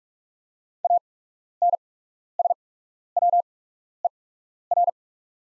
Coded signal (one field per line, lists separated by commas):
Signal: Morse code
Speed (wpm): 44 wpm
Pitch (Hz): 700 Hz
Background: none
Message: ANSWER